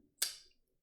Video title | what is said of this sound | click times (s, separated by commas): Remette Rhino D2 3" Linerlock Unbox and Intial Impressions | they have a nice click like it's clicking into place compared to like a button lock where it's | 0.2 s